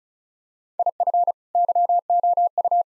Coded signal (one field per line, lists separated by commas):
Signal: Morse code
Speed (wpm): 36 wpm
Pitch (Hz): 700 Hz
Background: none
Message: IF YOU